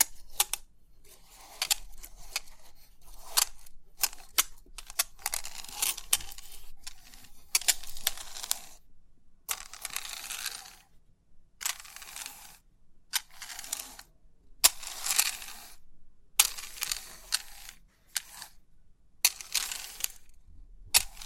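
Pin art being pressed and shifted, making crisp, bright clicking and rattling in quick bursts. The bursts come every second or two, some short and sharp, others longer sweeping rustles, with brief quiet gaps between them and a faint low hum underneath.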